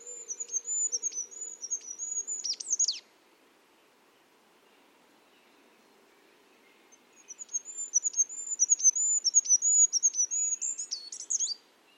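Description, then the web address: Bird song: two high, thin twittering phrases a few seconds apart, each closing with sharp descending notes; faint low background hum. "cianscape. Deverinetal 2025. Bird Only"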